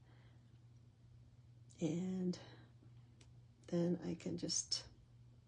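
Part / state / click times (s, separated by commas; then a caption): box clasp tongue into its clasp box on a beaded bracelet / not seated / none. A beaded bracelet is held still in a bracelet helper while the metal tongue of its box clasp is handled, ready to slide into the clasp box. Someone talks in two short bursts over a steady low hum, with a faint brief tick near 3.2 s in between. The tongue has not yet clicked into the clasp box; nothing has seated.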